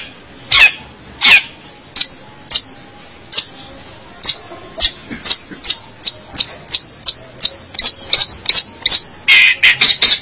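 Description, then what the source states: Long-tailed shrike song, a few loud harsh notes, then short sharp high notes in a steady series, quickening at the end. March 2017.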